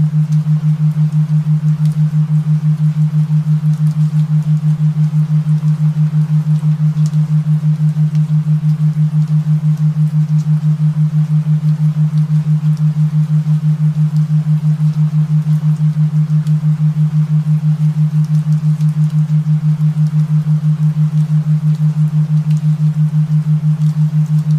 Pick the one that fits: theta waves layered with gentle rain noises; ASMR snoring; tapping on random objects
theta waves layered with gentle rain noises